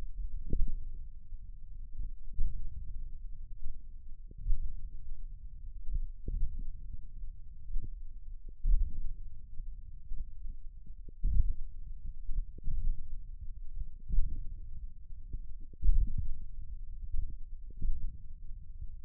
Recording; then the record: forearm muscle sounds (acoustic myography)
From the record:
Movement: thumb flexion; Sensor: system 1, eight BSWA MPA416 microphones around the upper forearm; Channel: 8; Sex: male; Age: 28 years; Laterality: right